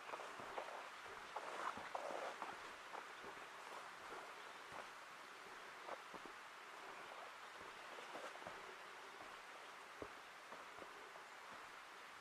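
Forest ambience in Portland's Ancient Forest Preserve: a steady, even hiss like light rain, scattered with frequent soft ticks and brief taps throughout.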